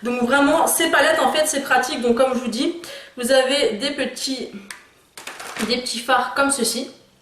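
A small eyeshadow pan is handled near a customizable magnetic makeup palette while a woman talks almost continuously. Her talk breaks off just after 5 s, where two brief sharp ticks are heard. The clip ends before the pan goes in, so nothing has clipped or seated in the palette yet.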